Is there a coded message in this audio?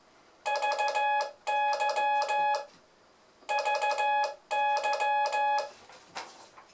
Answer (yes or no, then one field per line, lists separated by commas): yes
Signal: Morse code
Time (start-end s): 0.5-5.6 s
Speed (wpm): 15 wpm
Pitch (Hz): 840 Hz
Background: none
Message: VY VY